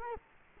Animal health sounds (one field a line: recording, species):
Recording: mosquito wingbeat signal from an infrared sensor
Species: Culex quinquefasciatus